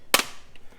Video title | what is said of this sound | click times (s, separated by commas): Camp Meal Prep and Simple Cooking | Make sure you hear that click. | 0.1 s